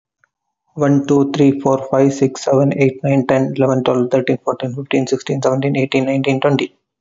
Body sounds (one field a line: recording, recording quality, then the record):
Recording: counting at a fast pace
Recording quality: excellent, no background noise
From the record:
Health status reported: healthy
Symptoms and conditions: none ticked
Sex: male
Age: 33 years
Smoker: not ticked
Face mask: not worn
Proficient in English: yes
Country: India